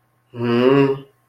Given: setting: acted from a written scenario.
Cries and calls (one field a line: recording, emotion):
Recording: vocal sound without words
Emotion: contempt